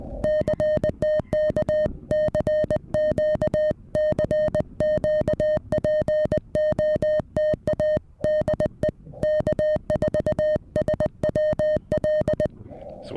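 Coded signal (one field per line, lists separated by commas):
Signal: Morse code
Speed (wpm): 20 wpm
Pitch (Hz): 610 Hz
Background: music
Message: CTK CQ CQ POTA DE K4SWL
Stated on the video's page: QRP Parks on the Air activation on 30 meters using a Venus SW-3B with an end-fed half-wave antenna and balun.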